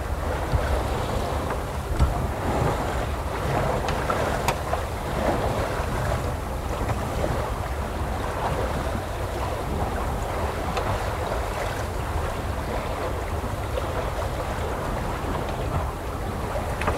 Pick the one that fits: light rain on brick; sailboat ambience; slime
sailboat ambience